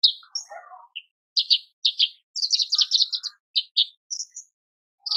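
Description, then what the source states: Horsfield's bush lark song: low warbling twitter, then grating high notes building into a dense buzzy sequence, followed by short chirps. Masteran recording for training cage birds; described as super gacor (persistent, energetic singing).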